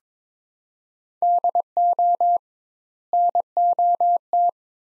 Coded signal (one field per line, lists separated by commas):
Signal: Morse code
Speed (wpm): 22 wpm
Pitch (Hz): 700 Hz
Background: none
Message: DO NOT